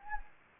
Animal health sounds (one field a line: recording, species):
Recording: mosquito wingbeat signal from an infrared sensor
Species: Anopheles gambiae